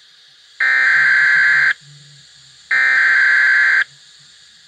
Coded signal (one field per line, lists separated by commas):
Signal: Emergency Alert System (SAME) tones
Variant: header bursts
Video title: (Another Double Header) EAS #69 - 70 Severe Thunderstorm Warnings